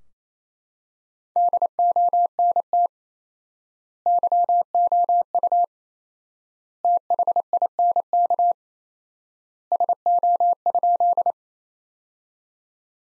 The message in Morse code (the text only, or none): DONT YOU THINK SO?